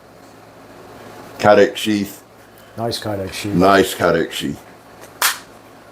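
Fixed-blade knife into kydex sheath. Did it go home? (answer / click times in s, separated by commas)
yes / 5.2 s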